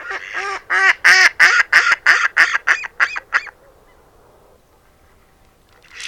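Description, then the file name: Mallard quacking: a loud, fast run of many nasal quacks over about three and a half seconds, then quiet. "tokesrece"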